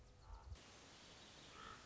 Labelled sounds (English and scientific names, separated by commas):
Common Raven (Corvus corax)